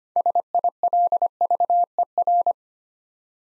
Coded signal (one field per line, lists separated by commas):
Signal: Morse code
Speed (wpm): 25 wpm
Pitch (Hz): 700 Hz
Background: none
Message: SILVER